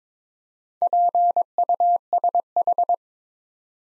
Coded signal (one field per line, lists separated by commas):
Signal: Morse code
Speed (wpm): 22 wpm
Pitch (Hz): 700 Hz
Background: none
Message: PUSH